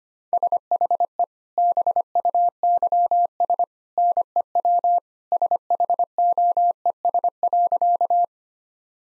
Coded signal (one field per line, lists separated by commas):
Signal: Morse code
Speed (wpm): 25 wpm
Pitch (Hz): 700 Hz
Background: none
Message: SHE BUYS NEW SHOES.